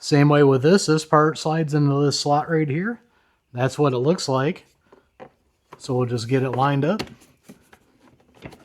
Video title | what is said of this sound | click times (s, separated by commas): DOES the AIVOLT Electric Pressure Washer Actually Have Power? - Setup, Features & Cleaning Demo | Snap that into place. Heard a little click. | 8.4 s